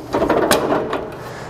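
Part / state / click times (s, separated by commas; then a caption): folding entry steps into a fifth wheel trailer doorway / seated / 0.5 s. Folding metal MORryde entry steps of a Heritage Glen 369BL fifth wheel trailer are flipped up inside the doorway and locked into their stowed position. Several metallic clunks ring out at about 0.3, 0.5 and 0.9 seconds, with the loudest at 0.5 seconds as the steps lock into place.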